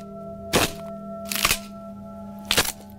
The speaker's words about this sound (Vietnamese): Bất chợt có tiếng cành cây gãy vang lên, làm cho Lý Hương giật mình ngẩng mặt.